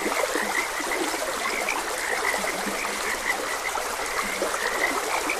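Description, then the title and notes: Frogs in chorus: brisk repeated chirps and a few low, drawn croaks, with the even hiss of running water throughout. Frogs croaking beside a gentle stream. "Frogs Croaking. Sleep and Relaxation Podcast"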